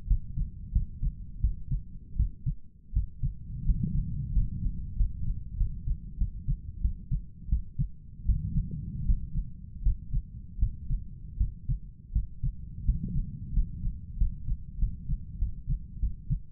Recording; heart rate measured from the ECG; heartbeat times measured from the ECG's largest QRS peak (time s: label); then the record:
heart sounds by stethoscope; 87 bpm
0.07 s: heartbeat
0.72 s: heartbeat
1.40 s: heartbeat
2.16 s: heartbeat
2.93 s: heartbeat
3.65 s: heartbeat
4.32 s: heartbeat
4.96 s: heartbeat
5.57 s: heartbeat
6.18 s: heartbeat
6.81 s: heartbeat
7.49 s: heartbeat
8.25 s: heartbeat
9.05 s: heartbeat
9.82 s: heartbeat
10.59 s: heartbeat
11.37 s: heartbeat
12.12 s: heartbeat
12.85 s: heartbeat
13.53 s: heartbeat
14.17 s: heartbeat
14.79 s: heartbeat
15.39 s: heartbeat
16.00 s: heartbeat
From the record:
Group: healthy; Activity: rest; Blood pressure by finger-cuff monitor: 97/53 mmHg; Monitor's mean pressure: 65 mmHg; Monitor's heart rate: 82 bpm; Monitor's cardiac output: 8.1 L/min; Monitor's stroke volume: 94 mL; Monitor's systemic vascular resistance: 570 dyn s/cm5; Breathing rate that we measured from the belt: 13 breaths a minute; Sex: male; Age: 23 years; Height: 179 cm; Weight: 87 kg